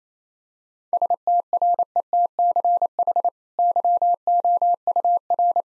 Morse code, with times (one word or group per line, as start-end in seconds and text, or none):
0.9-3.3 STRETCH
3.6-5.6 YOUR